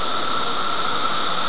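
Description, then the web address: Cicadas keep up an unbroken, even, high-pitched buzzing drone over a faint steady tone, with no other clear sounds. Cicadas, 31 May 2004. "fleur cicadas - cicadas 4 may 312004"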